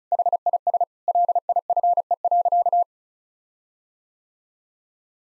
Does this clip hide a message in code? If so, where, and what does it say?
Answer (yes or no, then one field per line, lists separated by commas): yes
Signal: Morse code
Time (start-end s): 0.1-2.8 s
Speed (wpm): 36 wpm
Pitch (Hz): 700 Hz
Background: none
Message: HIS LIFE.